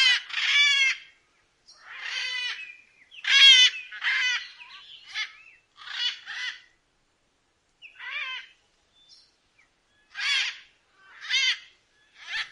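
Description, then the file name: Blue-throated macaw calls: loud, harsh, raspy squawks given singly or in short bursts, irregularly spaced with brief silences between them. "canto da arara de garganta azul"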